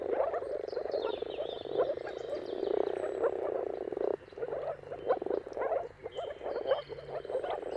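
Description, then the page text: Moor frogs produce a bubbling mass of low croaks that thins after about four seconds, with high, faint birdsong in the background. Chorus of moor frogs giving mating calls at sunrise, seen at the turn of March and April depending on the weather. "Jakub-Orzecki moor frogs. Dawn’s Chorus: Mating Calls of Marsh Frogs at Sunrise. Depending on the weather at the turn of March and April, you can witness an amazing spectacle of moor frogs"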